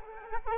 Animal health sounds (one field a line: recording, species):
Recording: mosquito wingbeat signal from an infrared sensor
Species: Culex quinquefasciatus